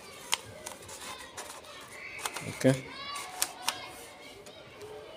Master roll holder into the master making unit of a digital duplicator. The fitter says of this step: put this there it be like this when you press like tip it it will click in